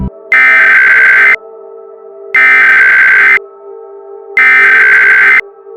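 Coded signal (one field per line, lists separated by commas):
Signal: Emergency Alert System (SAME) tones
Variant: header bursts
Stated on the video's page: Fictional EAS scenario, remastered, containing simulated SAME tones.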